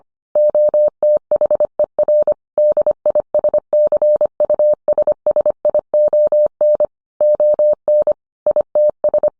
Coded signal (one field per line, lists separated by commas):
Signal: Morse code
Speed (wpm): 25 wpm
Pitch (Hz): 600 Hz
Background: none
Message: OTHER DISCUSSION ON ITS